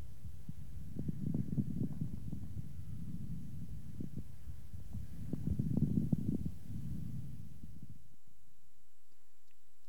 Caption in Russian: Влажные, средние и крупнопузырчатые хрипы у пациента с бронхоэктатической болезнью. Отличающиеся более низкой частотой и меньшим числом одновременно возникающих звуков.